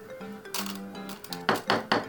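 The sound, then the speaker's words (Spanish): Metal utensils clink and scrape against a container, with a few soft scooping rustles as a teaspoon scoops yerba into the container, followed by three sharper clinks toward the end. “Vamos a poner un poquito de yerba con la cucharita.”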